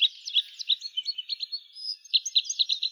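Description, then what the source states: Red crossbill calls, a rapid run of short sharp chips repeated several times a second, with a brief gap about two-thirds of the way through before resuming. Recorded in Slovenia.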